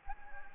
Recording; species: mosquito wingbeat signal from an infrared sensor; Anopheles gambiae